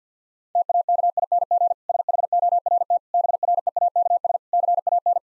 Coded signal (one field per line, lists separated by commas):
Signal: Morse code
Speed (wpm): 50 wpm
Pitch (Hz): 700 Hz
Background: none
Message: TAKING SHORT BREAKS CAN